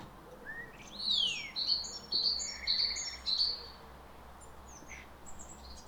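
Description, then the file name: Great tit calls, a loud sweeping downslur followed by a short run of high paired notes, with fainter bird calls afterward. "Parus major"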